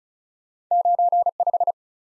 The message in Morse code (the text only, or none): 9 5